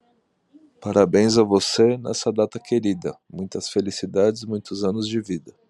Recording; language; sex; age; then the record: short text; Brazilian Portuguese; male; 30 to 39 years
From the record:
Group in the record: control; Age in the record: 37 years